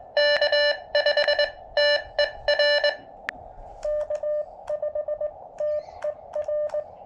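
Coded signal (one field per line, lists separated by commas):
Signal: Morse code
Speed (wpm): 20 wpm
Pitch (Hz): 590 Hz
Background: none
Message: K5TER K5TER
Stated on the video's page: POTA activation on 15m with a KX2 and a DIY shortened base-loaded vertical antenna.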